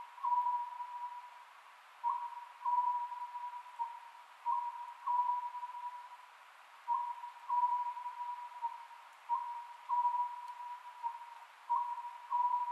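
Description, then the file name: Oriental scops owl giving short hooting notes near one pitch in pairs and triplets, the phrase repeating about every two seconds over a steady continuous hum. Recorded 27 May 2010 at 22:21. "konohazuku-20100527-2221"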